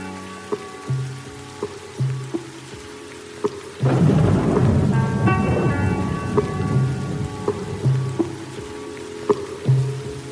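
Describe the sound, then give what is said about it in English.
Steady rain hisses while a deep roll of thunder swells in partway through and slowly fades, all over a soft, steady musical beat with sustained tones. “Though it was raining, it was raining and gray.”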